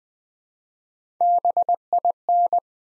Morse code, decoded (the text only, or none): BIN